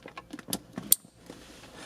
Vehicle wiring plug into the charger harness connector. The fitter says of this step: Just plug in and it will snap into place.